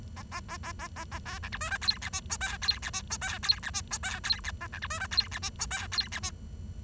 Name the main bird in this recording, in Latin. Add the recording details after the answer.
Lonchura striata domestica. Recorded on 23 June 2012 at 07:55. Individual gr41rd51